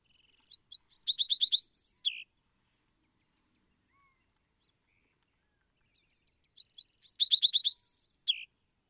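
Bewick's Wren song, two bursts of high, rapid chirps that roll into a sweet trill and end with a falling note, about six seconds apart, in quiet surroundings.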